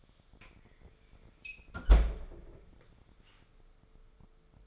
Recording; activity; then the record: daily activity, microphone in the room; close fridge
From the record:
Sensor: 5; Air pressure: 1015.0 hPa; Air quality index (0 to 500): 190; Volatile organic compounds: 8 ppm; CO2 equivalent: 2096 ppm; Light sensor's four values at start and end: 90/207/90/101 and 87/198/87/97